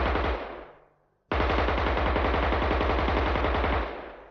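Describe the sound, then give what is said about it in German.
Rapid automatic gunfire from a submachine gun: a long burst that fades, a brief pause, then a second sustained burst of fast, evenly spaced shots, loud and harsh, with no voices. “Stemmt die MP auf die Oberschenkel, macht einen Schlenker, ist direkt vor den Laubbäumen.”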